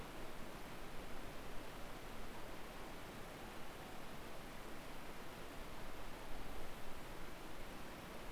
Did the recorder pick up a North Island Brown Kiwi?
no